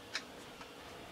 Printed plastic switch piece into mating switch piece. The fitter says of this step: one's got the little nubs on it so it just snaps into place on this